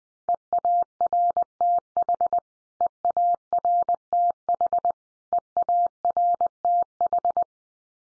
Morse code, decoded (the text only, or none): EARTH EARTH EARTH